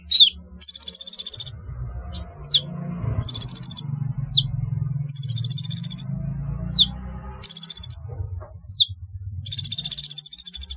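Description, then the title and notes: Sunbird chirping: short, very high trills alternate with quick downward-slurred notes in a steady back-and-forth pattern over a low hum. "Kicau Burung Kolibri"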